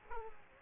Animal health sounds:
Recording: mosquito wingbeat signal from an infrared sensor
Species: Aedes aegypti

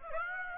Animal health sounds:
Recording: mosquito wingbeat signal from an infrared sensor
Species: Aedes aegypti

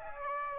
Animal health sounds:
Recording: mosquito wingbeat signal from an infrared sensor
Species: Aedes aegypti

